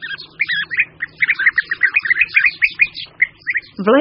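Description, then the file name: European bee-eater calls, rapid rolling chirps from several birds in steady succession, ending with a loud rushing noise. "Vlha-pestrá"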